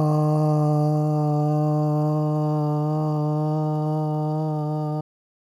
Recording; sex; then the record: sustained vowel /a/; male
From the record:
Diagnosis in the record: Parkinson's disease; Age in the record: 56 years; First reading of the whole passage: 87 s, 6.0 characters per second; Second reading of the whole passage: 67 s, 7.8 characters per second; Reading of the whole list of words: 59 s, 4.8 characters per second